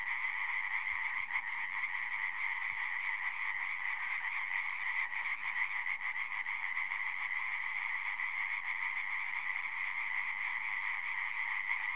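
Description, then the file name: European tree frogs calling together: fast, rasping pulses repeated densely, forming an unbroken loud chorus throughout. Recorded at Puycheny, Saint-Hilaire-les-Places, France, in 2016. "Hyla-arborea Puycheny St-Hilaire-les-places Gaëlle-CAUBLOT"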